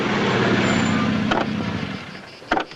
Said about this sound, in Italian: Andiamo piano, sì, aspetta che adesso accosto.